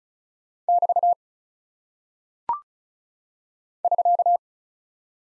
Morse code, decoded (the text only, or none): <BT> <SK>